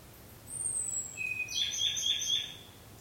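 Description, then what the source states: Ryukyu robin song opening with a long high thin whistle, a short lower note, then several rapid phrases. Recorded 5 May 2013.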